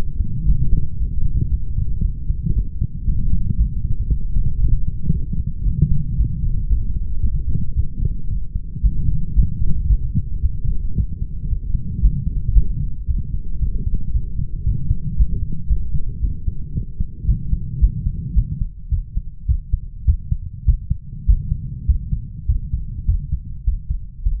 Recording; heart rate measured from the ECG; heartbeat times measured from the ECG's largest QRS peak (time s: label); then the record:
heart sounds by stethoscope; 111 bpm
0.47 s: heartbeat
1.00 s: heartbeat
1.52 s: heartbeat
2.04 s: heartbeat
2.56 s: heartbeat
3.08 s: heartbeat
3.59 s: heartbeat
4.11 s: heartbeat
4.63 s: heartbeat
5.15 s: heartbeat
5.66 s: heartbeat
6.19 s: heartbeat
6.71 s: heartbeat
7.24 s: heartbeat
7.77 s: heartbeat
8.31 s: heartbeat
8.84 s: heartbeat
9.37 s: heartbeat
9.90 s: heartbeat
10.44 s: heartbeat
10.98 s: heartbeat
11.51 s: heartbeat
12.03 s: heartbeat
12.56 s: heartbeat
13.09 s: heartbeat
13.62 s: heartbeat
14.15 s: heartbeat
14.67 s: heartbeat
15.18 s: heartbeat
15.70 s: heartbeat
16.23 s: heartbeat
16.76 s: heartbeat
17.29 s: heartbeat
17.82 s: heartbeat
18.37 s: heartbeat
18.92 s: heartbeat
19.49 s: heartbeat
20.08 s: heartbeat
20.68 s: heartbeat
21.29 s: heartbeat
21.89 s: heartbeat
22.49 s: heartbeat
23.08 s: heartbeat
23.67 s: heartbeat
24.25 s: heartbeat
From the record:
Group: healthy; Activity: light exercise 0-15 s, rest 15-24 s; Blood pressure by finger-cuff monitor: 181/101 mmHg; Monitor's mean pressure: 125 mmHg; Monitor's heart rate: 113 bpm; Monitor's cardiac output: 9.2 L/min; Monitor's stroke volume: 81 mL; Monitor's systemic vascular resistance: 1020 dyn s/cm5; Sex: male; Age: 21 years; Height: 175 cm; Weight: 72.6 kg